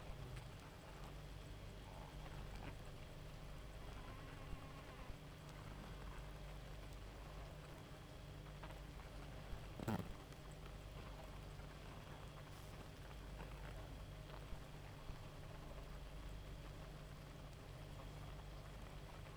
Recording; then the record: honeybee colony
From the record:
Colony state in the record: active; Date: 28 July 2017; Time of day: 0:10